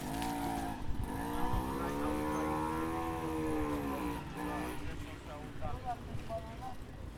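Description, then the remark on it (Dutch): Small scooter engines drone and rev on a field at the A12 blockade, their buzzing pitch rising and swelling for several seconds before easing off, with a voice talking over the last stretch. “Nou, het veldje wordt nu overgenomen door allemaal scooters en zo.”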